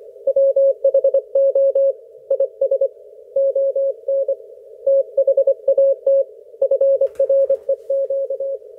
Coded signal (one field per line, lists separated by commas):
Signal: Morse code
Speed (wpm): 25 wpm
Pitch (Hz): 530 Hz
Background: none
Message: WHO IS ON THAT FREQ